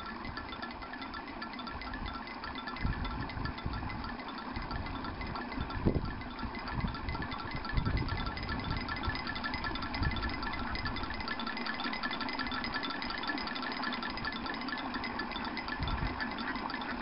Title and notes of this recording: Indonesia - rice paddy noise makers. Locally crafted wind driven noise makers catch the breeze to keep the birds away in rice paddies east of Ubud on the island of Bali, Indonesia.